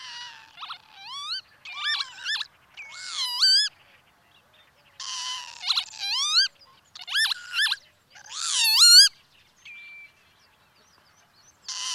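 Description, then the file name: Northern lapwing calls in bursts of wheezy, rising-then-falling slurred notes separated by short pauses, ending with a thin level whine and one more burst; no other sounds. "kievit"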